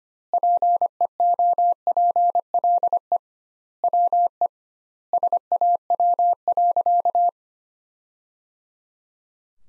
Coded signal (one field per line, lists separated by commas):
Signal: Morse code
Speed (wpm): 25 wpm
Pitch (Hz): 700 Hz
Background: none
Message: PEOPLE WE SAW.